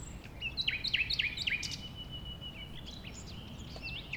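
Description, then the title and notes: Common nightingale song: a quick run of repeated sharp, swooping notes, then a thin sustained whistle. A nightingale, one of a few settled on the banks of a stream forming a pond 1500 m from the A20; recorded around 8 am on Sunday 12 April. "Un Rossignol Envers Et Contre Tout. un rossignol venu avec quelques autres s'installer sur les rives d'un ruisseau formant un étang à 1500 mètres de l'A 20. Ces moments ont été enregistrés vers 8h le dimanche 12 avril"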